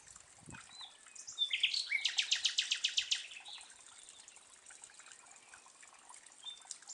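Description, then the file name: Common nightingale phrase: a few brief introductory notes, then a loud, rapid rattle of about a dozen repeated notes before trailing off into background hiss. "Luscinia megarhynchos"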